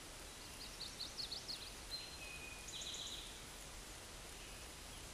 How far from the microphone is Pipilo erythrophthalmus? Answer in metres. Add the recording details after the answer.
about 35 m. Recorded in a Pennsylvania forest on 17 May 2023 at 13:26. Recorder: AudioMoth, point grid1_13_low. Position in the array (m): 114 m, 106 m